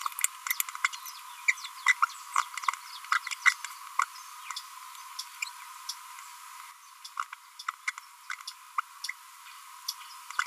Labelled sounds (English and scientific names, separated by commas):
Green-rumped Parrotlet (Forpus passerinus) babbling